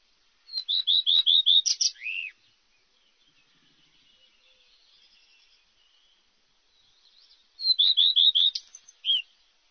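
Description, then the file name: Common redstart singing two phrases several seconds apart, each a fast run of repeated high whistled notes ending in a lower, down-slurred note; quiet between phrases. "rouge queue a front blanc"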